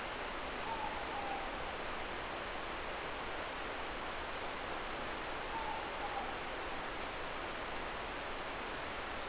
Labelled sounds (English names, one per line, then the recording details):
Morepork more-pork call
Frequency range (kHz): Morepork 0.7-1.0 kHz
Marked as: faintness 4/5
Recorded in New Zealand
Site Eglinton